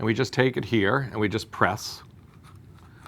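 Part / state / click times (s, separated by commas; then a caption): depth adjuster/plunger pressed into autoinjector housing to cock it / seated / 3.1 s. Someone talks while pressing the depth adjuster, which also serves as the plunger, fully inserted into an autoinjector housing to cock it. After the talking stops and a faint rustle follows, a sharp click sounds at 3.1 s as the autoinjector cocks and its rod then sticks out.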